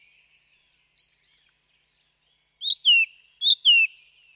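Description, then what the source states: Song thrush singing a quick high trill, a pause, then a descending whistled phrase given twice. Recorded excerpt played on the radio.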